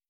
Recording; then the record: hydrophone in a shrimp aquaculture tank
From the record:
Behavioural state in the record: starved